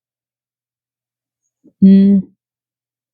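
The second side of a RAM module is pressed with gentle force into a motherboard DIMM memory slot, but nothing has seated or clicked yet when the clip ends. After near silence, a faint short sound comes at about 1.7 s, and then someone talks briefly from about 1.8 to 2.3 s.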